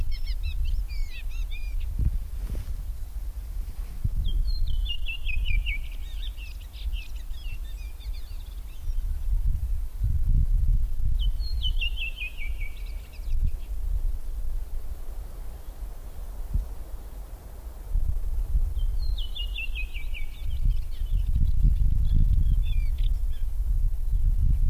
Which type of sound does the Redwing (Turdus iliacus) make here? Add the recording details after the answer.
song. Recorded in the wild. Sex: male. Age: adult. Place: Halbinsel Kindo, Karelien, RU. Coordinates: 66.5439, 33.1406. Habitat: taiga. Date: 1990-07-02 22:17. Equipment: Uher 4000 Report Monitor, Sennheiser MKH 416 T. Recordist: Frommolt, Karl-Heinz. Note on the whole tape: Gesang einer Rotdrossel (in Ansage als Ammer bezeichnet). Z.T. starke Windgeräusche